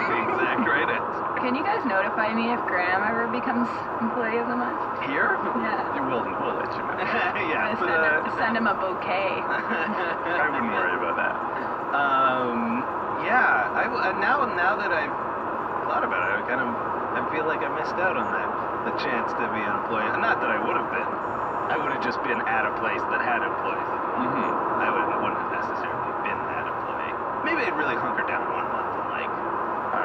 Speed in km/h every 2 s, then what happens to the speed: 82, 82, 81, 81, 82, 83, 83, 84, 84, 87, 87, 89, 89, 89, 89.
0-30 steady at about 84.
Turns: none.